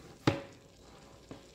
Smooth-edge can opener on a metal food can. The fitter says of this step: Come on, snap. There we go.